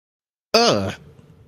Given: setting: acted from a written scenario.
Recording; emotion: vocal sound without words; negative surprise